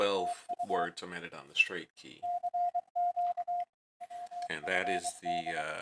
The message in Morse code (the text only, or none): TU CQ WFD